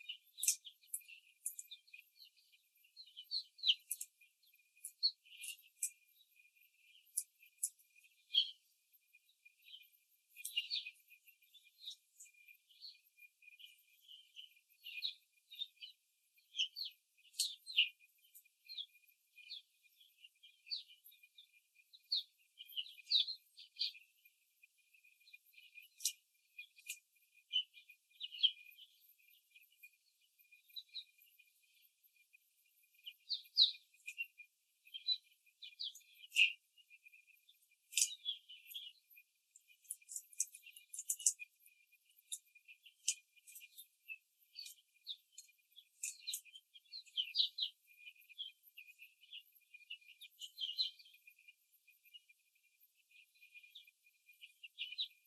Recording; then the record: young laying hens in a cage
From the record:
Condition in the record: before the stressor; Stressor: simulated dog barking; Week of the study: 3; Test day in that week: 1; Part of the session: 2